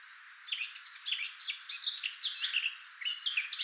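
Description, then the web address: Eurasian blackcap singing a continuous, hurried warble of clear whistles and twittering notes, with brief louder accents throughout. "SETE Sylvia atricapilla"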